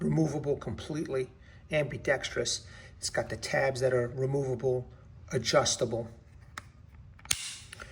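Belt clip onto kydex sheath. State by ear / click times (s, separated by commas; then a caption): seated / 7.3 s. Someone talks about the ambidextrous kydex sheath for the SDOKEDC drop point Hunter knife in DC53 steel, which has removable, adjustable tabs. After a few small handling taps, the removable, adjustable belt clip is fitted onto the sheath with a sharp click at 7.3 s. The clip is seated, locked into place so it does not accidentally come off.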